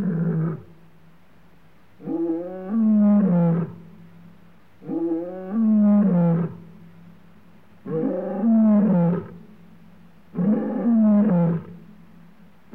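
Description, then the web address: Lion roaring in long, throaty, harmonic moans, each swelling for about a second and a half and repeated roughly every three seconds, with no other sounds. Male lion roaring, Africa; clean background. "Sound Effects Library-30 (Africa- The Natural World) 14 Male Lion roaring"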